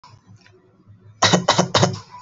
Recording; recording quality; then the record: shallow voluntary cough; excellent, no background noise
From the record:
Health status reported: healthy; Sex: male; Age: 26 years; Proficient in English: yes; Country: India